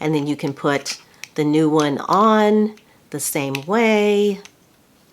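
Someone talks while handling a new replacement needle head for the plastic handle of a Banish 3.0 microneedling tool, about to twist it on the same way the old one came off. The head has not yet seated or clicked into place.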